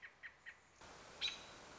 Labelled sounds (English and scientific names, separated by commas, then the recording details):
American Robin (Turdus migratorius)
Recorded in Sonoma County, California